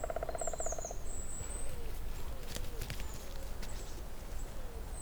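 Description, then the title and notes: Woodpecker drumming, one quick resonant roll lasting about a second at the start, then only faint high squeaks, scattered ticks and low background rumble. On a dry spruce near wetlands at Hatě, Ústí, Czechia; recordist unsure whether a green woodpecker or another woodpecker. "Ústí, Czechia - datel na suchém smrku. žluna nebo datel na suchém smrku nedaleko mokřadů na Hatích"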